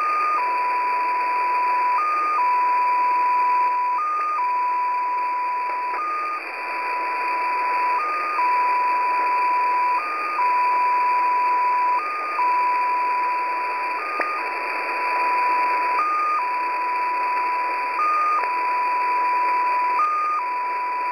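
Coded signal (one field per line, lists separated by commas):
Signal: numbers station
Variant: XPA2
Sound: steady mid tone with a brief higher step about every two seconds, ten steps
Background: radio static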